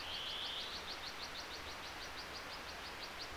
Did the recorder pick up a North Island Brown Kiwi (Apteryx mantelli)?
no